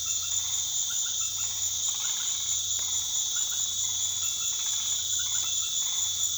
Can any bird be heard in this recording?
no